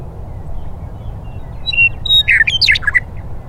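Western meadowlark song: a few clear whistled notes, then a rapid burst of gurgling, warbled notes, over steady low background rumble.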